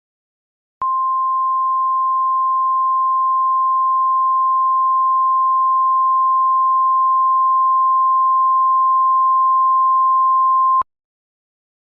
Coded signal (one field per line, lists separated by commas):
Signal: Emergency Alert System (SAME) tones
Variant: 1050 Hz attention tone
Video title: * VALID TONES * EAS Winter Storm Warning Umatillia,OR